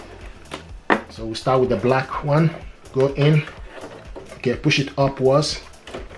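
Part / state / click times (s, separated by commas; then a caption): black ink cartridge into inkjet printer carriage / not seated / none. A black ink cartridge is handled as it goes into the carriage of an HP Deskjet 3700-series inkjet printer while someone talks. Brief handling knocks are heard around 0.5 and 0.9 seconds. Nothing has seated or clicked yet.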